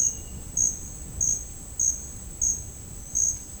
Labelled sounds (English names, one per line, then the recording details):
none
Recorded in dense forest near Puerto Asís, Putumayo, Colombia, on 22 June 2025 at 10:30
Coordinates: 0.481, -76.323
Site G072